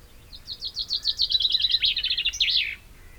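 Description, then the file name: Common chaffinch song: a bright, slightly descending series of quick trilled notes ending in an emphatic flourish, lasting about two and a half seconds. "Fringilla coelebs"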